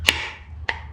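Two plywood test pieces with cut finger (box) joints are pushed together, giving sharp wooden knocks at 0.1 s and 0.7 s as the joint locks into place. The pieces seat and the fit is confirmed.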